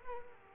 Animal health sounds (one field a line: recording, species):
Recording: mosquito wingbeat signal from an infrared sensor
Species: Culex quinquefasciatus